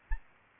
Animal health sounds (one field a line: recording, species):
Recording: mosquito wingbeat signal from an infrared sensor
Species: Aedes albopictus